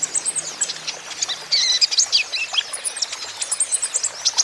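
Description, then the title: Van Hasselt's sunbird song, a fast dense stream of high twittering and squeaky chirps with little pause, notes tumbling at varied pitch throughout. Young, green-plumaged (konin ijoan) kolibri ninja in lively (gacor) song; used as a lure and therapy so untrained (bahan) konin birds will answer. "KOLIBRI NINJA KONIN IJOAN GACOR COCOK UNTUK PANCINGAN TERAPI KONIN BAHAN PASTI NYAUT"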